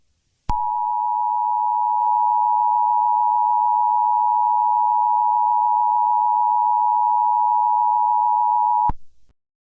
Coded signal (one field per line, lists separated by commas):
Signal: Emergency Alert System (SAME) tones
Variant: 853 and 960 Hz attention tone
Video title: EAS Scenario: Grand Rapids House fire + Denver Attack.